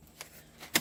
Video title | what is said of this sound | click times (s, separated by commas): The REAL TRUTH about Geo Fabric, WARNING, May Not Be Suitable for All Viewers | until it snaps all the way together. | 0.8 s